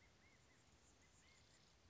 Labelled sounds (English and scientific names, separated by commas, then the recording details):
Anna's Hummingbird (Calypte anna)
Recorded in Sonoma County, California